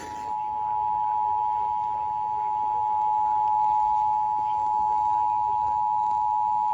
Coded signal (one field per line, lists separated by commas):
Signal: Emergency Alert System (SAME) tones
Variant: 853 and 960 Hz attention tone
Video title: HEY STERLING - YA DONE YET?????? EAS 1144 - 1204